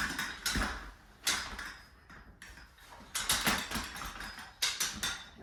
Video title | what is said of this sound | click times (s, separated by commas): How to easily assemble & disassemble the Graco Pack N Play “On The Go PlayYard” | just pull up on the center sharply and it should click into place. | 4.6 s